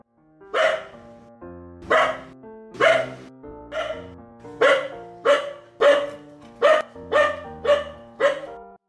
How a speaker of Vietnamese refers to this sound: Đột nhiên, con chó núi lông vàng bật dậy, sủa lên một tràng với người trên giường.